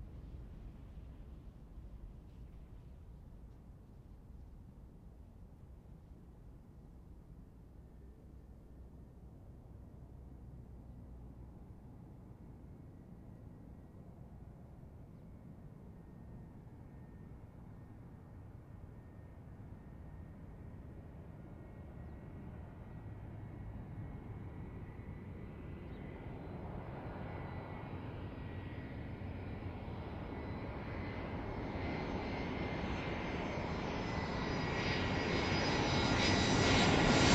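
A plane approaching Kloten airport starts as a low, steady rumble, then swells steadily louder and brighter over the last dozen seconds, roaring by the end.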